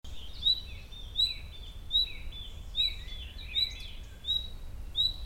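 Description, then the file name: Common nightingale giving a clipped whistled note again and again, roughly every 0.8 seconds, over steady low rumbling noise. "Luscinia megarhynchos"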